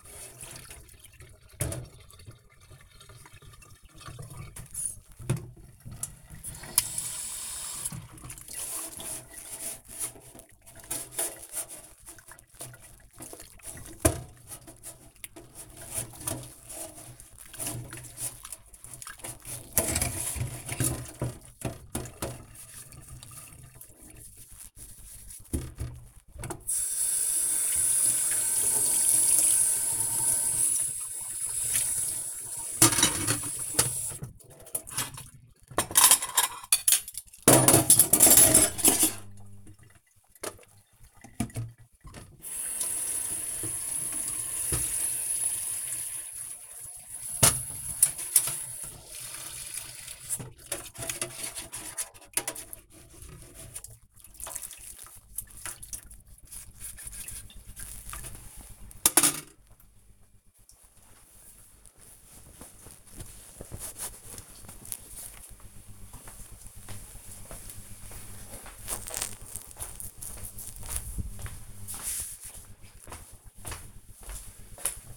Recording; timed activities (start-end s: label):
household activities, microphone on the right wrist
0.00-59.31 s: washing dishes